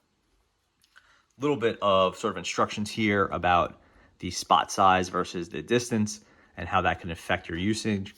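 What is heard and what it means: The plastic battery compartment cover of a ThermoPro TP30 handheld infrared thermometer, holding two AAA batteries, is snapped shut with two sharp clicks at 0.8 s and 1.0 s. The cover seats with a satisfying snap, and then someone talks.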